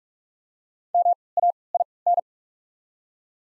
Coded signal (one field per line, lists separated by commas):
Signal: Morse code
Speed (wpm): 44 wpm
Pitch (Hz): 700 Hz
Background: none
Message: M A I N